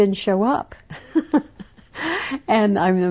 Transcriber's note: she laughs